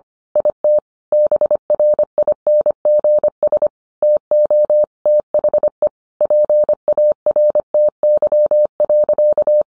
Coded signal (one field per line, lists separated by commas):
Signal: Morse code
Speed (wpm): 25 wpm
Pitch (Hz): 600 Hz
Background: none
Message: IT BRINGS TO THE PARTY.